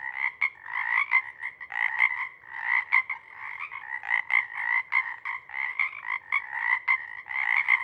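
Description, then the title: Pacific chorus frogs in a loud, dense chorus of rapid overlapping croaks, nearly continuous with small dips. Chorus at a pond in pre-morning twilight as night wanes; temperature torpor sets in and individuals leave to hunt; full chorus breaks into waves circling the pond, then staccato sections tapering away. "Chorus Frogs, Chorus Waxes and Wanes, pre-morning-twilight"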